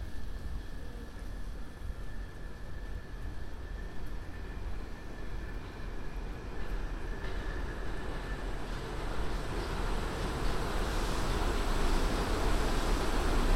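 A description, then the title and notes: A walk along a busy city street, filled with a steady, dense rumble of traffic and a faint constant whine above it. The roar swells and brightens after about nine seconds, as if a large vehicle passes. A binaural field recording, walking up Broadway to the store and back.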